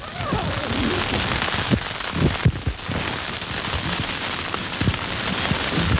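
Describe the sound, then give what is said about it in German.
Fierce storm wind at about 7000 metres altitude, reaching nearly hurricane strength around a tent in the snow, roars in a steady, dense rush of noise, with scattered low thumps and buffeting gusts breaking through; no voices are heard. “In dieser kurzen Zeit, während der Reinhard Patscheider außen den Schnee wegschaufelt, nimmt der Sturm fast Orkanstärke an.”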